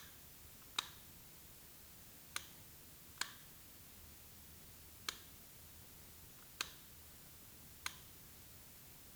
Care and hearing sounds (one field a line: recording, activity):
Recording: daily activity, guitar pickup as the sensor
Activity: operate light